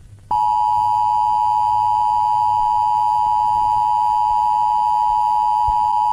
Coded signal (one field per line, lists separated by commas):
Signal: Emergency Alert System (SAME) tones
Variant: 853 and 960 Hz attention tone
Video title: Philippine EAS Scenario - Glitch Flood (PT 2)